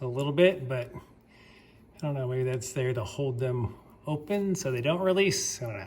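A small plastic bracket piece is handled over the plastic prongs of the hose or line holders in the engine bay of a Porsche 911 during engine installation. Someone talks throughout, with pauses and no distinct impacts. Nothing has seated or clicked yet.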